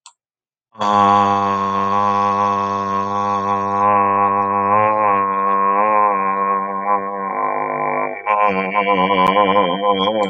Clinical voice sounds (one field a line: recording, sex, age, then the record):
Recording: vowel held as long as possible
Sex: male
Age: 50 to 59 years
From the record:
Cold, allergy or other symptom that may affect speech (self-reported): no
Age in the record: 54 years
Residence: Nevada, United States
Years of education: 14